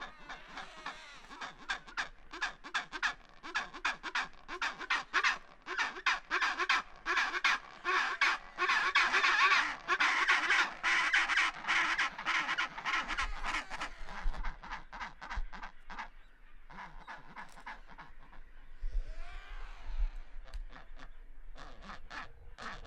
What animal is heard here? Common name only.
Chinstrap Penguin